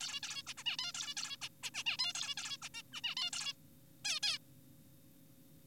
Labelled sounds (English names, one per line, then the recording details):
Zebra Finch
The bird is an adult
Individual g4p5U